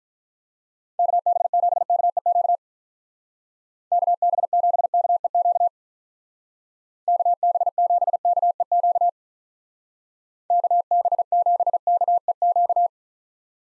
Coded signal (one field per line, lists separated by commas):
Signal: Morse code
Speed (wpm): 45 wpm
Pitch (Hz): 700 Hz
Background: none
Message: KB7KEQ KB7KEQ KB7KEQ KB7KEQ